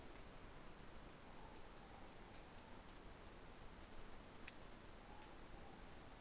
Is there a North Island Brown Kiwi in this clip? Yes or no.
no